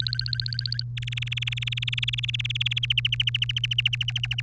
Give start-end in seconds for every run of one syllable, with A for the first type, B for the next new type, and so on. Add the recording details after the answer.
0.00-0.83 A, 0.97-2.79 B, 2.83-4.41 C. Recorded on 3 May 2018 at 10:37. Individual llb3